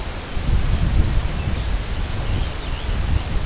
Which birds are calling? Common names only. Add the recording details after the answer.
Arctic Tern. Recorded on Arctic tundra, site CORI-1, on 18 June 2018. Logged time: 04:00